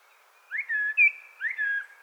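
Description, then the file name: Common blackbird song: a brief mellow phrase of short, clear fluted whistles. "Turdus merula"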